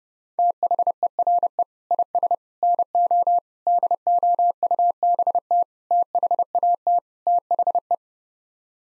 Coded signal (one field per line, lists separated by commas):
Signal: Morse code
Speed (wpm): 30 wpm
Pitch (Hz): 700 Hz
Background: none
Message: THERE IS NO DOUBT THAT THE